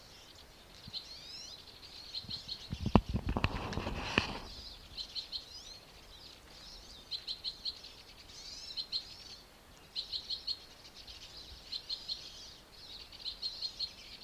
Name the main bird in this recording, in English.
Two-barred Crossbill